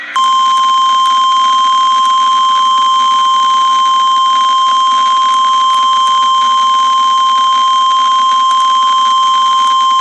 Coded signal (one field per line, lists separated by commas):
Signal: Emergency Alert System (SAME) tones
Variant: 1050 Hz attention tone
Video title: REAL EAS 1200-High wind warning